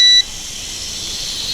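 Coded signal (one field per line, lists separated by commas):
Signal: beep code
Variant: RC drone transmitter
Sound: a brief high beep at the start, then a steady whirring hiss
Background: motor whine hiss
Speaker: let's see what the headless is like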